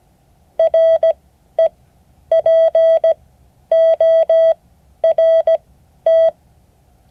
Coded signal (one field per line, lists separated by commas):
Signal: Morse code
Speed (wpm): 17 wpm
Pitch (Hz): 650 Hz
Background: none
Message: REPORT